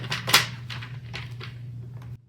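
A plastic attachment piece is handled against the bottom of a handheld cordless pool vacuum, lined up with the flats there. Several sharp plastic knocks and scrapes sound over a steady low hum, the loudest near 0.3 seconds. Nothing has seated or clicked yet when the clip ends.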